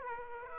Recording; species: mosquito wingbeat signal from an infrared sensor; Aedes aegypti